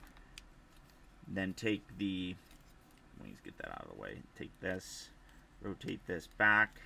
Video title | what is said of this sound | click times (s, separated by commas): Transformers Legacy UNITED Voyager Class SILVERBOLT Video Review | and then bring these sections down and these will lock into place | 0.4 s